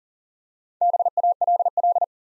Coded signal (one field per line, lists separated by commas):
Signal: Morse code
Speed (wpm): 38 wpm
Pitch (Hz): 700 Hz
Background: none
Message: BALL